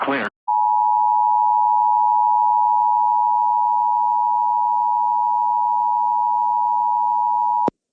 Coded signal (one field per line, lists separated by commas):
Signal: Emergency Alert System (SAME) tones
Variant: 853 and 960 Hz attention tone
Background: speech